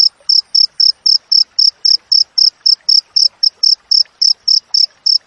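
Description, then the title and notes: Cricket calling with sharp, high chirps repeated nearly four times a second, steady and even. Clear wild cricket chirping with tightly spaced pauses, used for training songbirds and for repelling rats. "Masteran Jangkrik Alam Jernih, Jeda Rapat Cocok Untuk Masteran Burung Dan Mengusir Tikus. suara jangkrik"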